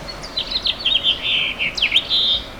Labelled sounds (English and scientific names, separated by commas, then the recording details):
House Finch (Haemorhous mexicanus) song
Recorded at Babylon on Long Island, New York, on 18 May 2013
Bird A